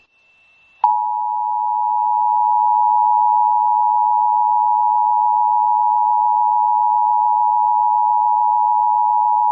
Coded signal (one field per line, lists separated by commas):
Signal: Emergency Alert System (SAME) tones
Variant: 853 and 960 Hz attention tone